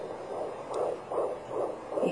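Regular whooshing pulses repeat about every 0.4 seconds, roughly 140 a minute. This is a baby's heartbeat picked up by Doppler, much faster than an adult's resting rate of about 60 to 80 beats per minute, too fast to count off beat by beat in seconds.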